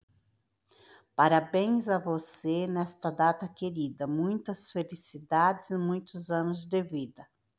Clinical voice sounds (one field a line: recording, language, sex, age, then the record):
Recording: short text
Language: Brazilian Portuguese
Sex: female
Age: 60 to 69 years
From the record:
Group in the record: control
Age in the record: 60 years